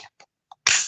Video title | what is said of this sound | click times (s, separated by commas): Motorized bicycle enthusiasts 😚💨 ep 50 | oh out of here it doesn't click in yeah yeah it clicks in that's it | 0.7 s